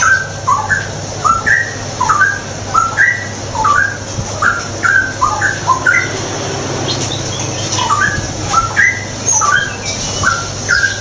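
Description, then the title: Straw-headed bulbul song: short, bubbly whistled phrases of rising notes repeated in quick runs, over a steady low electrical hum. Tutoring song (masteran) for caged birds; rapid, frequent singing (ropel gacor). "mster Mnuk. Masteran Burung CUCAK ROWO. Cucak Rowo Ropel Gacor"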